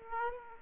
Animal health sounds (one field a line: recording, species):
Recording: mosquito wingbeat signal from an infrared sensor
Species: Aedes aegypti